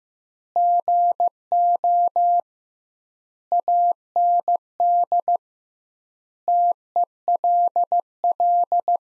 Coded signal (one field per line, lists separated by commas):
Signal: Morse code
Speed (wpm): 16 wpm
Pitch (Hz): 700 Hz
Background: none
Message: GO AND TELL